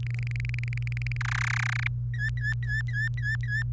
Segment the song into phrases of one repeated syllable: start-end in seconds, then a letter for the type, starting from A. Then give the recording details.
0.03-1.17 A, 1.21-1.87 B, 2.14-3.63 C. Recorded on 27 April 2018 at 16:46. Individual llb3